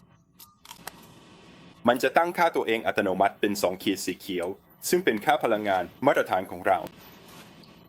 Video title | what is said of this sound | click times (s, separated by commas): สอนใช้งานเครื่องจี้ Force Triad By Global used yours | สามารถเสียบเข้ากับพอร์ตนี้หรือพอร์ตนี้ก็ได้พอคุณกดเข้าไปมันจะล็อคเข้าที่เอง | 0.7 s, 0.9 s